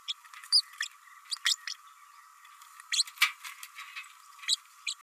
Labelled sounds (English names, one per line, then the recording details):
Green-rumped Parrotlet babbling
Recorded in a nest box in Venezuela
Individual 18B104A3